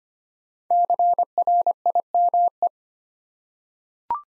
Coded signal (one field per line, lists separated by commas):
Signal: Morse code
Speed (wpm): 26 wpm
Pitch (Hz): 700 Hz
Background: none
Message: CRIME